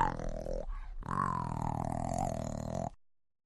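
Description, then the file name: Jaguar cub giving a short call, a brief pause, then a long wavering wail of about two seconds that ends abruptly. Cub, close-up; snorts and wails. "JAGUAR-BABY CU-SNORTS-WAILS"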